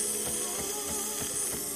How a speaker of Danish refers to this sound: Jeg skummer mælk ned på toppen af din kaffe.